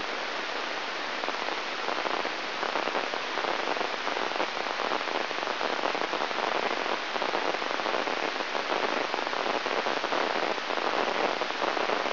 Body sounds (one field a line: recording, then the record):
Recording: brain microelectrode recording played as sound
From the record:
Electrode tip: inside the subthalamic nucleus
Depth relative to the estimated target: -1 mm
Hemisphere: right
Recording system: AlphaMap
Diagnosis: Parkinson's disease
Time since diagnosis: 13 years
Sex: male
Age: 63 years